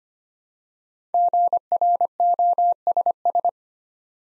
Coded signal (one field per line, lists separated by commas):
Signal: Morse code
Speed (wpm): 25 wpm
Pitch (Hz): 700 Hz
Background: none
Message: GROSS